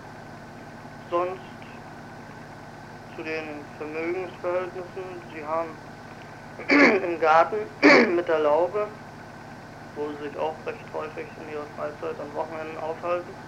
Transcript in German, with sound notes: - sonst zu den Vermögensverhältnissen, sie haben [räuspert] mit der Laube, wo sie sich auch recht häufig in ihrer Freizeit, an Wochenenden aufhalten,